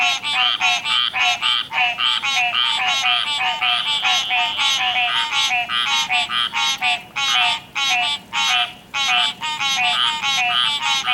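Frogs in a dense croaking chorus, many nasal calls overlapping, with brief gaps toward the end.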